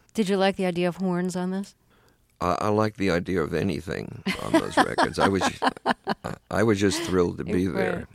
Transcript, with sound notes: Did you like the idea of horns on this?
I liked the idea of anything on those records.
(Laughter).
I was just thrilled to be there.